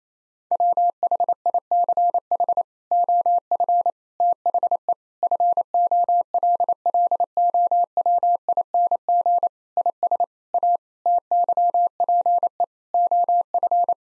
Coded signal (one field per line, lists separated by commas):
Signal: Morse code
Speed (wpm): 28 wpm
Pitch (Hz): 700 Hz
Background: none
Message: WHICH OF THE FOLLOWING IS A TYPE OF